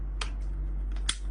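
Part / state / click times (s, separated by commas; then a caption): roll-off film canister into goggle lens mount / seated / 1.1 s. A roll-off film canister is pushed onto its mount on an Oakley Airbrake goggle lens. A short snap is heard at 0.2 s, then a sharper click at 1.1 s as the canister locks into place. It is seated.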